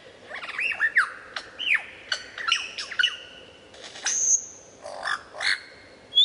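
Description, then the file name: Lyrebird song, a fast series of looping whistles and slurred notes, then a long high whistle and a few rich downward calls. Song variations. "suara lyrebird variasi"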